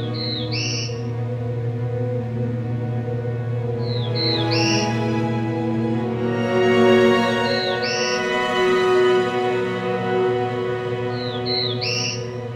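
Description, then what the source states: Black-throated blue warbler song: short phrases of slurred notes ending in a higher rising note, repeated about every four seconds over steady low tonal sounds. Small songbird of the understory of mature woodlands; relaxed, perhaps lazy-sounding song likened to 'beer, beer, bees'.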